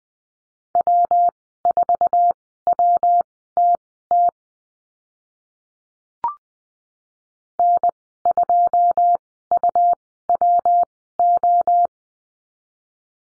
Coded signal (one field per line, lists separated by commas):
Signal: Morse code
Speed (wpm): 20 wpm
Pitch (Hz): 700 Hz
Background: none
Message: W4WTT N2UWO